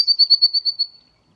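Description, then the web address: Eurasian blue tit call: a fast, even trill of several pulses on one high pitch that slowly fades away. No other sounds are heard. "cianscape birddata Deverinetal 2025 File origin Bird Only Cy Ca"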